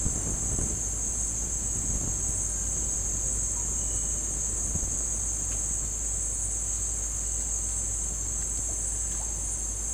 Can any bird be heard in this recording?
no